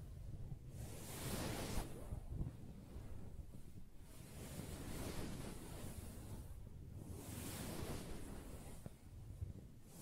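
Soft scratching on a fabric surface makes a continuous rough, rushing rustle that swells into brighter strokes roughly every three seconds. A low, dull rumble runs underneath throughout, with a couple of faint light taps near the end.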